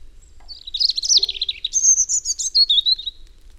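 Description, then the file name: European robin song, a rich warbling phrase of high thin whistles and trills, rising and falling between sweet notes and quick twittering runs, with a soft low note in the middle. "Erithacus rubecula"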